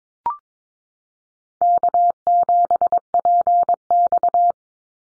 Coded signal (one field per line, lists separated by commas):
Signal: Morse code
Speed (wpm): 22 wpm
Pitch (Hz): 700 Hz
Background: none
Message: K7PX